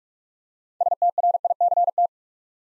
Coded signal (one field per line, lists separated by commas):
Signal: Morse code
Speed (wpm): 44 wpm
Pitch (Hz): 700 Hz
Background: none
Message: STRICT